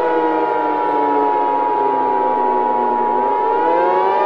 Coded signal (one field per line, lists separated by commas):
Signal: Emergency Alert System (SAME) tones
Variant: 853 and 960 Hz attention tone